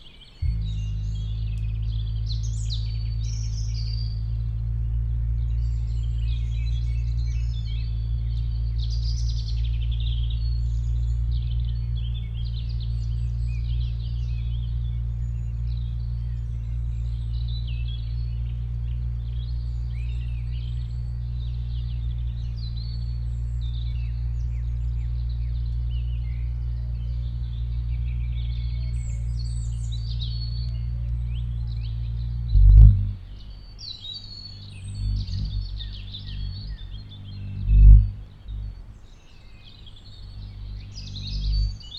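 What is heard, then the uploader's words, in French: Birds chirp and twitter through the Sarcena forest, scattered high calls running the whole way. Underneath, a steady low hum holds until about 33 seconds, then breaks into uneven rumbling, with sharp knocks near 33 and 38 seconds. Forêt de la Sarcena - Nagra LB - stéréo - mkh20. Le début du chorus du matin est couvert par un événement inattendu, l'éclosion d'un gros papillon de nuit (non déterminé) qui vient se poser près des micros pour renforcer la force de ses ailes. Ainsi le vrombissement apparaît et restera continu pendant douze minutes.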